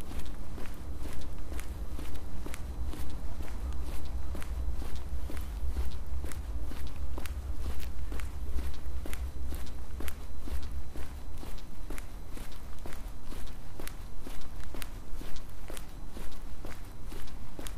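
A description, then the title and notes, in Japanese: Footsteps of someone walking, a steady train of sharp crunching steps falling roughly every third of a second for the whole stretch. Beneath them runs a constant low rumble, with a faint hum in the first few seconds. 歩いている音。Walking.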